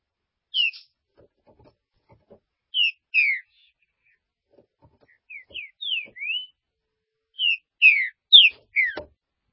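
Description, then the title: Green-winged saltator song: loud paired whistled notes and a short run of rising slurs, delivered in separated bursts with a faint click at the end. "Trinca Ferro"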